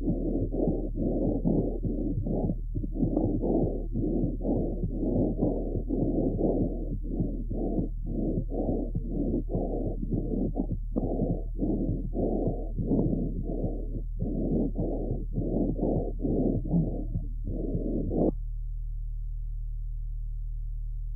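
Lungs of a suckling foal with bronchitis, heard by stethoscope. Moist crackles sit somewhat behind the physiologically loud bronchial breath sounds. Heart sounds are picked up as well, and the foal now and then swallows secretion.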